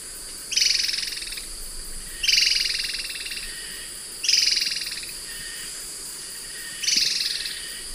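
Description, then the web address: Banded antbird alarm call: four harsh, buzzy notes, each just under a second long, spaced a couple of seconds apart. Alarm call; eastern lowlands of South America. "Natures Songs S America Eastern Lowlands. Dichrozona cincta, alarm call"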